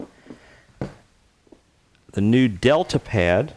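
With the head of a Festool RO 90 DX sander locked in Delta mode, the round sanding pad is given a quick twist and comes off the sander head, heard as a single sharp hit at 0.8 s with a few faint small knocks after it. Someone then talks, and the pad is released.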